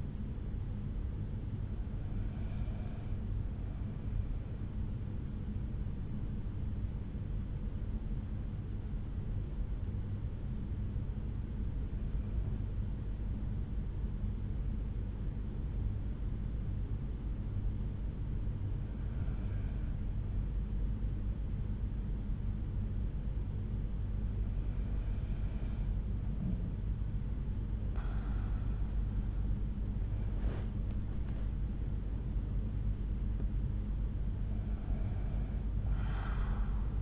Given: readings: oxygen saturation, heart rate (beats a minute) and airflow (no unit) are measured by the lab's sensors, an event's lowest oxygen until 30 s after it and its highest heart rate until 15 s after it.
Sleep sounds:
breathing in sleep by a smartphone at the bedside; 1
8.00-29.30 s: hypopnea (N1, oxygen 96% highest, then 92% lowest, heart rate 62 at the start, 71 highest)
From the record:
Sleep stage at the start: N1 (lightest sleep); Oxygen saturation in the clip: 88 to 96%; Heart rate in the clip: 61 to 71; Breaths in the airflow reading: 7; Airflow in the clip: -8.3 to 7.6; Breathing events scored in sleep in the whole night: 368 in 8.0 hours asleep

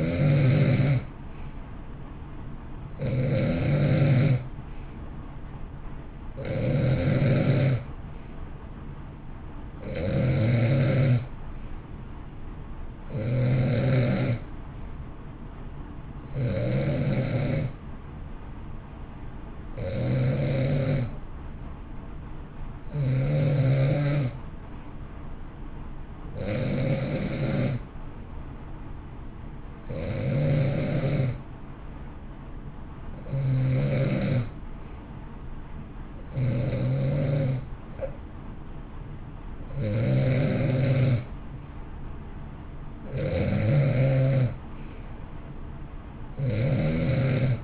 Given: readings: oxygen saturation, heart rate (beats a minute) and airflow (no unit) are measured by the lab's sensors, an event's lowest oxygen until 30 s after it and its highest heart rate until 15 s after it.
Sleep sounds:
breathing in sleep by a smartphone at the bedside; 1
19.00-43.30 s: hypopnea (N2, oxygen 91% highest, then 90% lowest, heart rate 62 at the start, 66 highest)
29.00-47.64 s: new sleep stage, N1 (lightest sleep)
From the record:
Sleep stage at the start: N2 (light sleep); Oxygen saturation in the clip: 89 to 91%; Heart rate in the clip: 60 to 66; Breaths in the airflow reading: 15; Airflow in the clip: -9.0 to 7.4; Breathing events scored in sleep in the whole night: 328 in 6.3 hours asleep

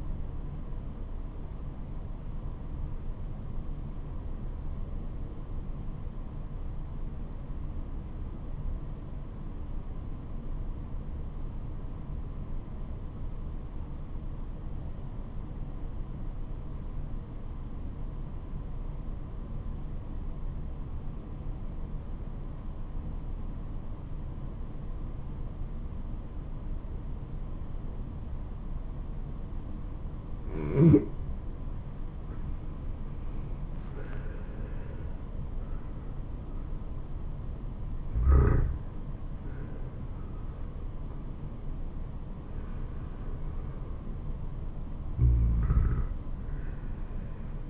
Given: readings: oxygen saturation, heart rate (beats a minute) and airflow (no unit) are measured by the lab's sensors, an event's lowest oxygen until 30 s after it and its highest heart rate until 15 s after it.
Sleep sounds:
breathing in sleep by a smartphone at the bedside; 1
3.00-33.80 s: obstructive apnea (N1, oxygen 97% highest, then 82% lowest, heart rate 75 at the start, 78 highest)
From the record:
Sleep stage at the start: N1 (lightest sleep); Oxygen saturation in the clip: 86 to 97%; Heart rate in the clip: 65 to 78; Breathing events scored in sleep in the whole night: 426 in 7.4 hours asleep

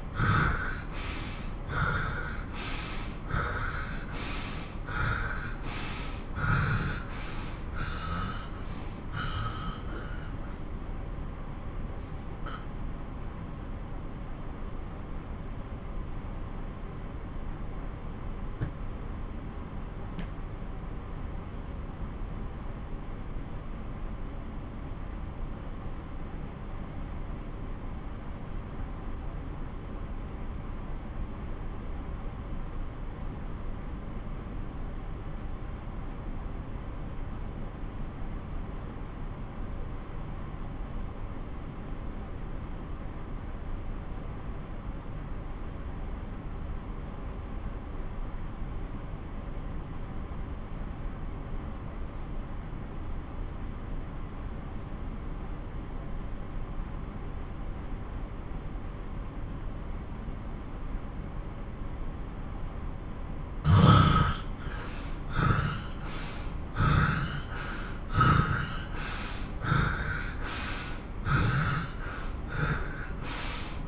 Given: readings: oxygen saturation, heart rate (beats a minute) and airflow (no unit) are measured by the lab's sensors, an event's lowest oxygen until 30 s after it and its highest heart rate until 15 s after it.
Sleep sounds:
breathing in sleep by a smartphone at the bedside; 1
3.00-33.00 s: new sleep stage, N1 (lightest sleep)
11.00-62.30 s: obstructive apnea (N1, oxygen 94% highest, then 86% lowest)
33.00-63.00 s: new sleep stage, N2 (light sleep)
63.00-73.88 s: new sleep stage, N1 (lightest sleep)
From the record:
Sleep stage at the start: N2 (light sleep); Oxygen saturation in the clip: 81 to 94%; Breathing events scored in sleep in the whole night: 217 in 6.3 hours asleep

